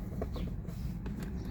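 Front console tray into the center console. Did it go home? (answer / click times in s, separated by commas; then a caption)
no / none. A plastic front console tray of a Kia Sportage is handled near the center console, lined up so its three retaining clips meet their slots, with a low steady rumble and a few light scuffs and taps. The clip ends before the tray is pushed home, so nothing has seated or clicked yet.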